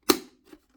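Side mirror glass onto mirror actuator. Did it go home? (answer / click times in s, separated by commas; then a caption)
yes / 0.1 s. The side mirror glass on an NC MX5 Miata is centred, then pushed at its bottom edge until its plastic clip snaps onto the mirror actuator, with a sharp, bright click at 0.1 s that rings briefly. A fainter, softer sound follows around 0.5 s. The mirror glass is seated.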